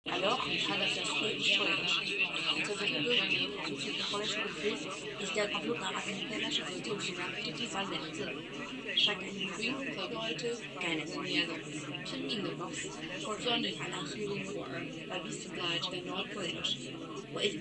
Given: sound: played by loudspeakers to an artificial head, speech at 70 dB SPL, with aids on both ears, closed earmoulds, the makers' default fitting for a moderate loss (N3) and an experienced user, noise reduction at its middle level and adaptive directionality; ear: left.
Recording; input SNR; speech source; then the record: speech test signal (ISTS) in cocktail-party noise; 0 dB; on the right (90 degrees)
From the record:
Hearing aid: class 1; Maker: C